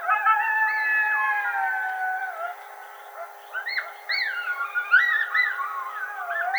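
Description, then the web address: Coyote howls: long, sustained wailing notes sliding slowly downward for about two and a half seconds, then a burst of short rising and falling yips and quavering cries. Howl, recorded 10 May 2007. "Coyote 2007 05 10 howl"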